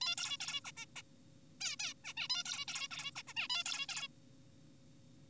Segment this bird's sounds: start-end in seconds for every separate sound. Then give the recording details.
0.01-0.15, 0.18-0.37, 0.41-0.60, 0.65-0.72, 0.77-0.86, 0.96-1.02, 1.61-1.76, 1.80-1.94, 2.04-2.14, 2.17-2.28, 2.30-2.43, 2.46-2.65, 2.68-2.88, 2.91-3.11, 3.16-3.23, 3.28-3.34, 3.37-3.48, 3.50-3.64, 3.66-3.86, 3.89-4.08. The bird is an adult. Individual g4p5U